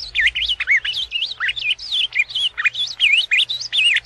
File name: Canto-do-Azulão